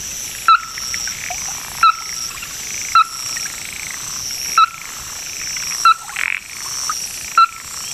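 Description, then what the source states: Ruddy-breasted Crake giving six sharp, knocking call notes at slightly irregular intervals, with constant high buzzing in the background. Described as a bird of Hokkaido, Japan.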